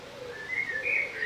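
Bird song: short clear whistled notes near the same pitch, wavering slightly up and down, over quiet background hiss.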